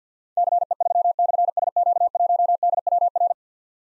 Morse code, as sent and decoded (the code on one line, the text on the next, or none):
-.-. . ...-- -..-. ... --.- .---- -.. .-- .-.
CE3/SQ1DWR